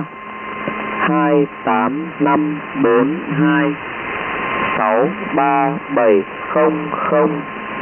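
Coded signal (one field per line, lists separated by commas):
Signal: numbers station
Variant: V30, Vietnamese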